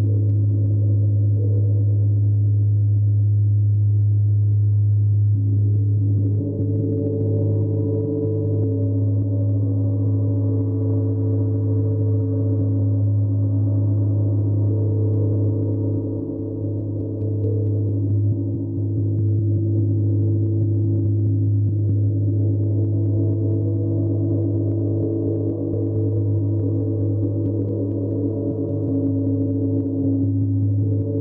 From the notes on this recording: singing bowl, ocean drum, gong, and fire chimes